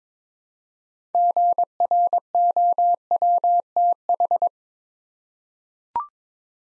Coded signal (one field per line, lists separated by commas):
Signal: Morse code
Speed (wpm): 22 wpm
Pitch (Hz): 700 Hz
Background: none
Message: GROWTH